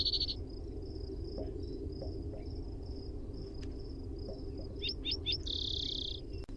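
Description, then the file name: Spotted towhee song: three quick sharp introductory notes followed by a dry buzzy trill lasting under a second, over a steady high insect drone and low rumbling background noise. Primary song. "SPTO-Primary Song"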